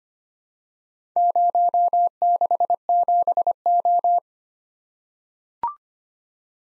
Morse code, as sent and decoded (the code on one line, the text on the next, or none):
----- -.... --... ---
067O